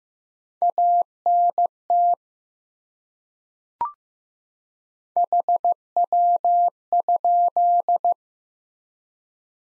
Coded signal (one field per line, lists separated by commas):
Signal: Morse code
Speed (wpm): 15 wpm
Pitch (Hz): 700 Hz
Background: none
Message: ANT HW?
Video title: Top 20 QSO Elements 15wpm